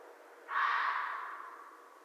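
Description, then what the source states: Red fox giving one hoarse, breathy call that starts abruptly and fades over about a second. Recorded 13 January 2012.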